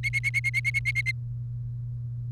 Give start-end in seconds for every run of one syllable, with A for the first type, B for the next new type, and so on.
0.03-1.11 A